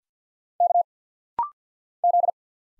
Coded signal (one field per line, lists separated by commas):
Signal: Morse code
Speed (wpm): 50 wpm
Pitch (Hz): 700 Hz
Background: none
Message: K Z